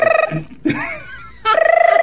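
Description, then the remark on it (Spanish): A telephone rings in two bursts of rapidly pulsing, high warbling tone, with a short voice-like sound in the pause between them. “el efecto del sonido de teléfono.”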